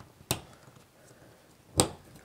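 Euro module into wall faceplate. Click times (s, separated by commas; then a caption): 0.3 s, 1.8 s. A plastic Euro module is pressed into a wall faceplate, giving two sharp, bright clicks at 0.3 s and 1.8 s against a quiet background. The module clips in and is seated in the faceplate.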